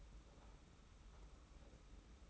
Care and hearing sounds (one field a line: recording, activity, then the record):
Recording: daily activity, microphone in the room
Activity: take from stove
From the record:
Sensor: 1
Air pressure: 991.1 hPa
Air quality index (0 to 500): 91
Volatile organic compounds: 33 ppm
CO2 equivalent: 3028 ppm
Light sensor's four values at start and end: 36/116/45/47 and 36/116/45/47